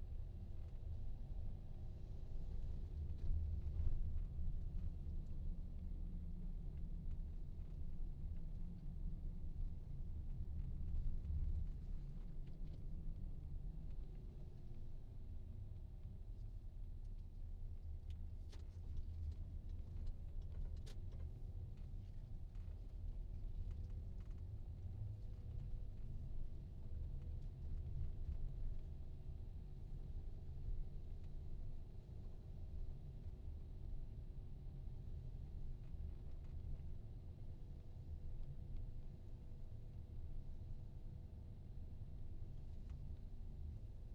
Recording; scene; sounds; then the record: everyday scene through a hearing-aid microphone; in a vehicle; engine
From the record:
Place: VW T5 Caravelle, diesel engine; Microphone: in the ear canal, right